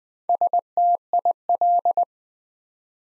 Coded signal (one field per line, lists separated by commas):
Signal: Morse code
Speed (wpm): 20 wpm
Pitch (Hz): 700 Hz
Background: none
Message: STIL